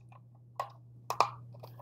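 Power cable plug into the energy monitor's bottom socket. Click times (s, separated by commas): 1.2 s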